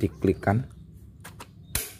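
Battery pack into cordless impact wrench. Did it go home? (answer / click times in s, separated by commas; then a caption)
yes / 1.8 s. A blue battery pack is slid onto a cordless impact wrench and pushed until it locks in place. Someone talks at the start, and a softer sliding click comes at about 1.2 s. A sharp plastic click at 1.8 s shows the battery seating.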